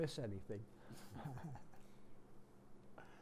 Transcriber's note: chuckles